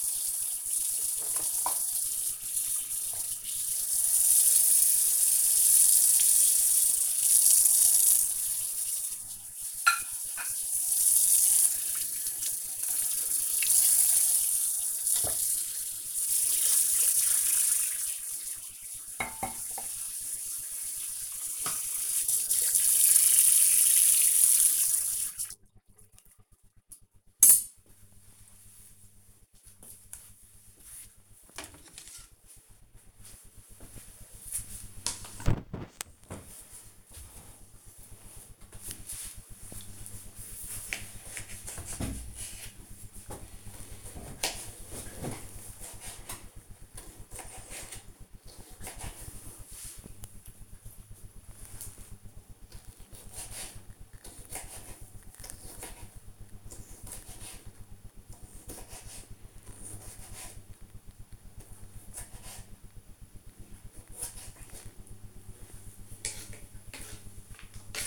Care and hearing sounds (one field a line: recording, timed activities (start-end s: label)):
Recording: household activities, microphone on the right wrist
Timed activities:
0.00-25.04 s: washing dishes
38.15-68.07 s: cutting vegetables